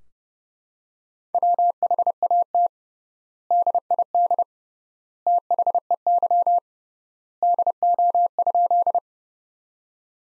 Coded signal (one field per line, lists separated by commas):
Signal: Morse code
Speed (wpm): 30 wpm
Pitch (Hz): 700 Hz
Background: none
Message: WHAT DID THEY DO?